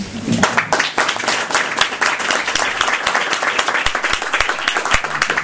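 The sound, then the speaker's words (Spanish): Sustained applause from an audience welcoming a guest speaker at a talk, a dense, steady wash of many hands clapping at a fairly loud, even level for several seconds, with no voices standing out. “que pertenece a la plataforma Pro Nacionalización de las Cajas y es miembro del Consejo de Administración del Consejo de Administración de Caja Madrid por los impositores, para el que pido un aplauso.”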